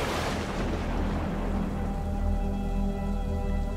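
Steady rain hisses at the start, then thins as a deep, continuous rumble of thunder rolls underneath, low and heavy throughout, with no voices.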